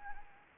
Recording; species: mosquito wingbeat signal from an infrared sensor; Anopheles gambiae